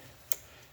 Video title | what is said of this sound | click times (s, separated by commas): JB4 Install in my M235i (F22, N55, RWD, Automatic) | into place push the little black thing to engage the lock on it and | 0.3 s